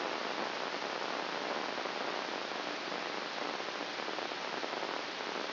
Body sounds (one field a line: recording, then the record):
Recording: brain microelectrode recording played as sound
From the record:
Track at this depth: inside the subthalamic nucleus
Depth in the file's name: 2.804 mm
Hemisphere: right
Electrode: 2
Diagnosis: Parkinson's disease